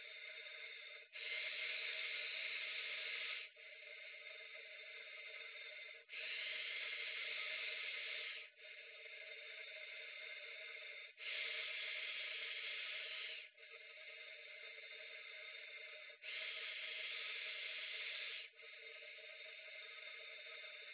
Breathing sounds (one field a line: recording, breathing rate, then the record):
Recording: paced breathing near a phone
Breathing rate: 12 breaths a minute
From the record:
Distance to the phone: 20 cm